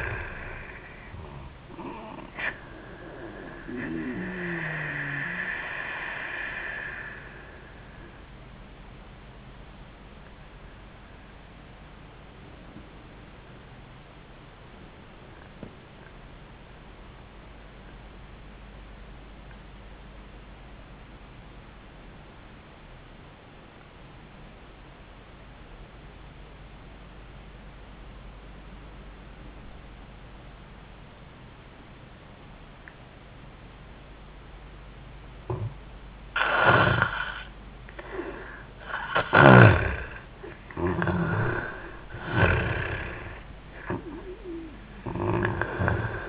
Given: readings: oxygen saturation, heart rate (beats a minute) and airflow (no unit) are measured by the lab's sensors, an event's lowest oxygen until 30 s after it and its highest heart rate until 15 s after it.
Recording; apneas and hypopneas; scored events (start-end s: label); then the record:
breathing in sleep by a voice recorder at the bedside; 1
9.00-39.30 s: obstructive apnea (N1, oxygen 97% highest, then 77% lowest, heart rate 71 at the start, 87 highest)
From the record:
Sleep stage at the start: N1 (lightest sleep); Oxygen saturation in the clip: 74 to 97%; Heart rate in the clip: 66 to 87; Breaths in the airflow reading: 3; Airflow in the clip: -13.1 to 9.6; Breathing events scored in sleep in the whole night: 400 in 8.7 hours asleep